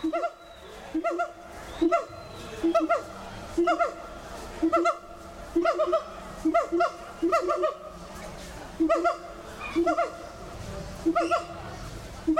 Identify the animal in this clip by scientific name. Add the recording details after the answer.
Symphalangus syndactylus. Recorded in captivity. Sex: male. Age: subadult. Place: Zoo Berlin, Berlin, DE. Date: 1996-08-24 21:10. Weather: bedeckt, ca. 20°C. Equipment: Sony MD-WM MZ-R3, Sennheiser MKH 416 T, Kopie Uher 4000 Report Monitor. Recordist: Tembrock, Günter. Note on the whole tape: Die Nachwuchsmännchen mit Ruffolgen